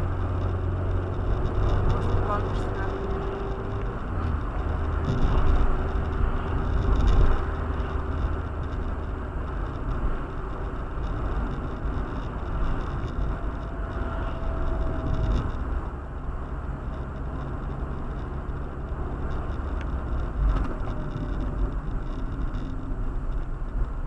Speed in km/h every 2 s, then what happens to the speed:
70, 74, 75, 74, 72, 72, 71, 66, 64, 63, 62, 50.
0-11 steady at about 72. 11-15 slows to 64. 15-20 steady at about 63. 20-24 brakes to 50.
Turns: none.